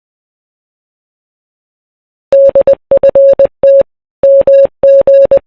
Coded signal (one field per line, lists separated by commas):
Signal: Morse code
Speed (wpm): 29 wpm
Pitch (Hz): 550 Hz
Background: none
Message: DFT MG